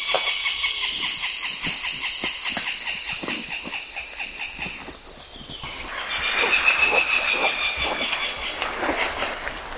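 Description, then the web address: Common paradise kingfisher call, a fast run of harsh, clipped notes repeated several times a second over high hissing noise. Recorded in Indonesia. "ULM-DS-Lab indonesian-bird-sounds. Tanysiptera galatea"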